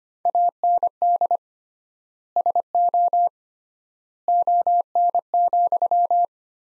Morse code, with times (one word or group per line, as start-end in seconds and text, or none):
0.3-1.4 AND
2.4-3.3 SO
4.3-6.3 ON,